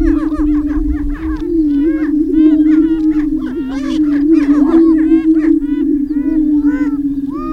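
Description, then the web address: Greater prairie chicken lek chorus: low steady booming beneath rapid, overlapping whooping and cackling calls. "Laura's Natural Sounds Greater Prairie Chicken"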